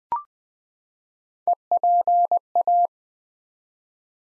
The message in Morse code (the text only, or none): EPA